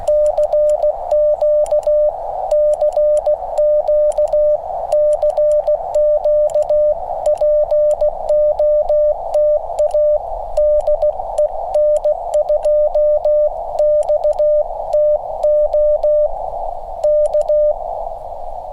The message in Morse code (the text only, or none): CQ CQ CQ POTA DE N2XTO K